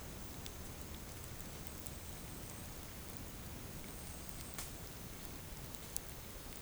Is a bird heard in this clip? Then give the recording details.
no. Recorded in dense forest near Puerto Asís, Putumayo, Colombia, on 27 June 2025 at 12:30. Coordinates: 0.503, -76.323. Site G059